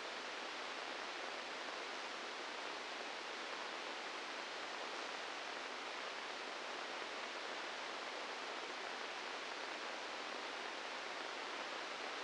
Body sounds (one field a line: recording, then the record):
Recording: brain microelectrode recording played as sound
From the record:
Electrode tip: inside the subthalamic nucleus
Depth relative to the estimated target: 0 mm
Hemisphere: left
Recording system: NeuroSet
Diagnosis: Parkinson's disease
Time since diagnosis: 15 years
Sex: female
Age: 59 years